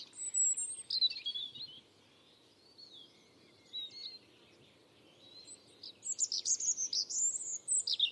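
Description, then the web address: European robin song: thin high warbled phrases with quiet gaps, then a fast twittering burst. "Deverinetal 2025"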